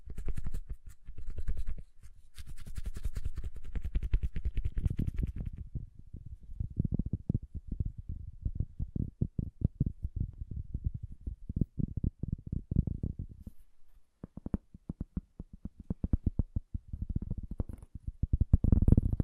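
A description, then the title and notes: Soft, bassy tapping runs in dense, quick clusters, mostly low and muffled with little brightness. Early on, faint crisp scratching rides above the taps, then fades after about five seconds. A brief lull comes near fourteen seconds before the tapping resumes and grows louder toward the end. ASMR Bassy and Soft Tapping Sounds.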